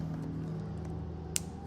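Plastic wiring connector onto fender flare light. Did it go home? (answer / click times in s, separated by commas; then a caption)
yes / 1.4 s. A plastic wiring connector, turned the right way, is clipped onto a fender flare light against a steady low hum. A short, sharp snap at 1.4 s marks the connector seating in place.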